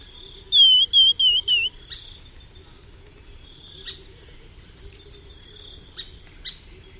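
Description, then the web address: Cinnamon becard giving a short run of four sweet whistled notes over steady high insect buzzing that continues throughout, with a few faint ticks after. Recorded in South America. "Natures Songs S America Cinnamon Becard"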